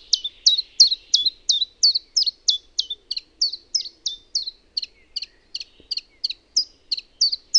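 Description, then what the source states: Common chiffchaff song: a fast steady series of high, sharply hooked notes, about three each second, alternating slightly in pitch, with nothing else clearly heard. Finland.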